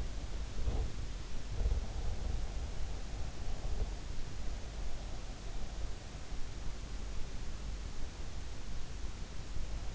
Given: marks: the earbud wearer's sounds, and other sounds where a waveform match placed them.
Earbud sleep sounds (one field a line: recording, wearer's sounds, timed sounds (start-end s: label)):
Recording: sounds in sleep by an in-ear microphone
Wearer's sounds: body movement, breath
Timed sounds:
0.00-2.26 s: body movement
1.54-4.36 s: breath